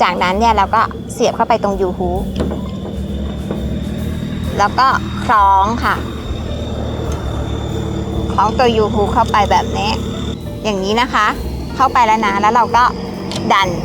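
A new Bosch Aerotwin frameless wiper blade's plastic adapter is hooked onto the U-hook of the wiper arm and positioned while someone talks over steady background noise. A brief handling sound occurs at 3.5 s, but nothing has clicked or locked yet; the blade still needs to be pushed and the cover closed.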